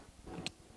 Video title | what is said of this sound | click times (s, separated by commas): How to Install RAM in Your Vintage Macintosh - 1991 MacWarehouse Instructional Video | You'll hear it click into place. Repeat the same procedure with the second SIM. | 0.5 s